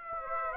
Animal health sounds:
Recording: mosquito wingbeat signal from an infrared sensor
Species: Aedes aegypti

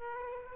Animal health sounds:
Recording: mosquito wingbeat signal from an infrared sensor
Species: Aedes aegypti

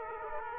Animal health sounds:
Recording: mosquito wingbeat signal from an infrared sensor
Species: Aedes aegypti

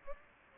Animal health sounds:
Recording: mosquito wingbeat signal from an infrared sensor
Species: Aedes aegypti

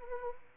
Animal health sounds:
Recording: mosquito wingbeat signal from an infrared sensor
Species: Anopheles arabiensis

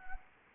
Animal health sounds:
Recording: mosquito wingbeat signal from an infrared sensor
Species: Anopheles arabiensis

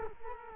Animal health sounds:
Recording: mosquito wingbeat signal from an infrared sensor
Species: Culex quinquefasciatus

